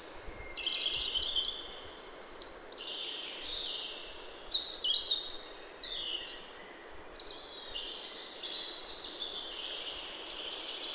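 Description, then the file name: Robin song made of high, thin, tinkling phrases, each shifting pitch, running on almost without pause against constant soft background noise. "Erithacus rubecula"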